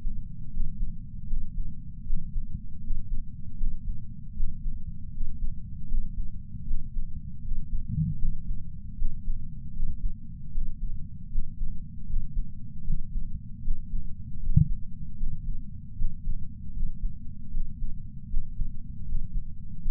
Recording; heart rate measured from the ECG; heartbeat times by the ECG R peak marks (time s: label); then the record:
heart sounds by patch sensor on the chest; 78 bpm
0.50 s: heartbeat
1.27 s: heartbeat
2.04 s: heartbeat
2.81 s: heartbeat
3.57 s: heartbeat
4.34 s: heartbeat
5.11 s: heartbeat
5.88 s: heartbeat
6.65 s: heartbeat
7.42 s: heartbeat
8.18 s: heartbeat
8.96 s: heartbeat
9.73 s: heartbeat
10.52 s: heartbeat
11.29 s: heartbeat
12.06 s: heartbeat
12.84 s: heartbeat
13.62 s: heartbeat
14.40 s: heartbeat
15.17 s: heartbeat
15.96 s: heartbeat
16.73 s: heartbeat
17.51 s: heartbeat
18.28 s: heartbeat
19.05 s: heartbeat
19.82 s: heartbeat
From the record:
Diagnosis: coronary artery disease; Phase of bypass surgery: preoperative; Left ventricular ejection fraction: 66.3%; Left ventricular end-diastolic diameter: 44 mm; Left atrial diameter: 34 mm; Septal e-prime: 5.3 cm/s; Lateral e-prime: 9.3 cm/s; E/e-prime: 13.2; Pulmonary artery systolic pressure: 31 mmHg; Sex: male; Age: 76 years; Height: 164 cm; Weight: 75 kg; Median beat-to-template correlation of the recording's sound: 0.83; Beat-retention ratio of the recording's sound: 0.97